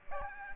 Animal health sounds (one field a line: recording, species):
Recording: mosquito wingbeat signal from an infrared sensor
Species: Aedes aegypti